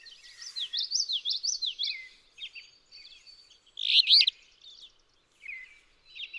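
Alder flycatcher's single buzzy, rasping phrase after another bird's rapid run of bright, repeated whistled notes, with scattered chips around.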